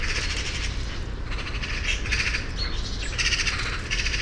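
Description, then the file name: Eurasian magpie chattering in several harsh, rapid rattling bursts over a steady low rumble. "Pica pica"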